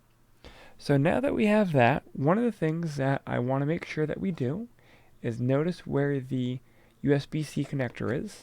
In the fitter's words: you will hear a click once it's all the way in